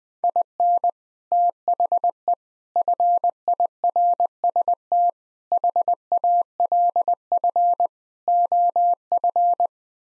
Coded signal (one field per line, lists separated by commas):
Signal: Morse code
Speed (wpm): 20 wpm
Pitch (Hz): 700 Hz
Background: none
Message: IN THE FIRST HALF OF